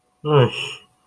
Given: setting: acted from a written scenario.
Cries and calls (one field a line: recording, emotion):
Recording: vocal sound without words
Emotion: embarrassment